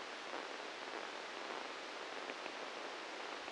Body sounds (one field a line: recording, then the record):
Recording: brain microelectrode recording played as sound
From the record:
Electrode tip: inside the subthalamic nucleus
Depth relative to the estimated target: 1 mm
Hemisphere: right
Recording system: NeuroSet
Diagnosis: Parkinson's disease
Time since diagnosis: 7 years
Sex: male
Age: 44 years